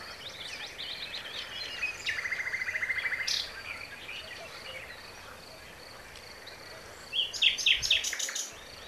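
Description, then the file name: Common nightingale song: a steady buzzy trill of repeated notes for about a second, a long pause, then a burst of loud, sharp chattering notes. "Luscinia megarhynchos"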